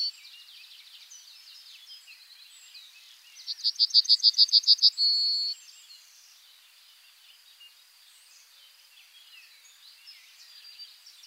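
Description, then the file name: Bunting song: a short run of about nine rapid, evenly spaced high notes ending in a short held note, over a busy background of high twitters. "bruant"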